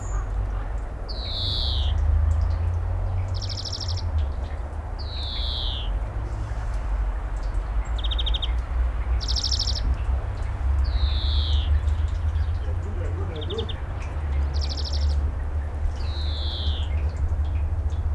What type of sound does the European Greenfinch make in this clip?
song